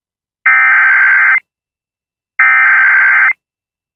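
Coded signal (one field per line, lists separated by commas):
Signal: Emergency Alert System (SAME) tones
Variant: header bursts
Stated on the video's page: Archived alert where the station toned a child abduction emergency.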